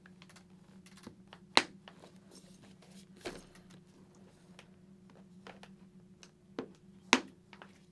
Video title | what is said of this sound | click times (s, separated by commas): Sena Smart HJC 20B Bluetooth Communications System Review and Install - Sportbike Track Gear | want to listen for a nice audible click like | 1.6 s, 7.1 s